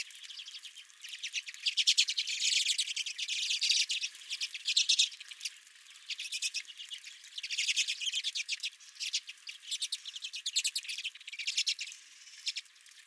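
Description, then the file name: Redpolls calling together, busy twittering chatter of short metallic notes rising and falling in waves throughout. Several redpolls recorded at the recordist's own bird feeder. "Redpolls at My Feeder"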